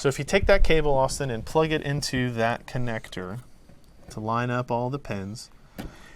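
A cable plug is being lined up with the pins of a motherboard connector while someone talks. Only faint handling noise is heard under the voice, and nothing has seated or clicked yet.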